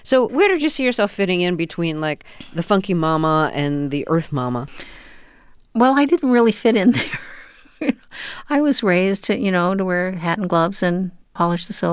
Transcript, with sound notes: So where did you see yourself fitting in between, like, the funky mama and the earth mama?
Well, I didn't really fit in there. (laughter) I was raised to - you know, to wear hat and gloves and polish the silver.